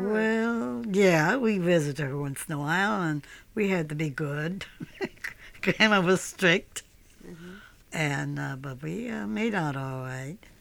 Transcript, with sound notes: Well, yeah. We visited her once in a while. And we had to be good. ( she laughs ) Grandma was strict. But we made out all right.